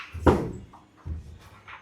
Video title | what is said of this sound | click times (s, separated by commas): ముంబైలో Mangaluru style rich పెళ్లి భోజనం! 😋 - Mumbai Mangalorean Wedding Food Feast - Hari Akula | lock అయిపోయింది ఆ లాక్ అయిపోయిందా ఓకే | 0.3 s